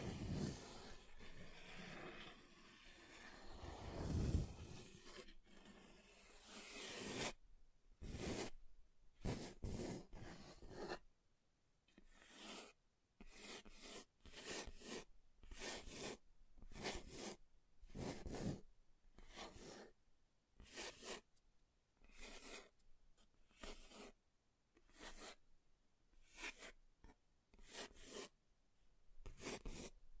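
Scratching on a table surface: a dense, continuous rasping scrape for seven seconds, then short bright strokes repeating roughly twice a second.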